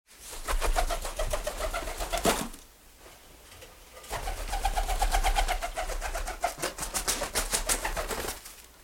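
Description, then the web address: Pigeon wing flaps in two bouts of fast, papery clapping beats, separated by a short lull, with a louder slap ending the first bout. Flying from place to place in a dovecote. "golubpereletaetsmestanamestovgolubjatne"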